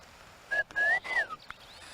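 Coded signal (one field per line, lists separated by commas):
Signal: whistled language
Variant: Chinantec whistled speech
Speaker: si es que está platicando con otro, un chiflidito así.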